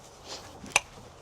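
A torque wrench set to 28 Nm tightens a spark plug into the cylinder head, with soft handling noise before a sharp, bright click at 0.8 seconds. The click shows the wrench has reached its setting, and the plug is on and done.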